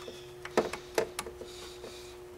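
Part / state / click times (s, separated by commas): wiring harness connector onto camshaft position sensor / not seated / none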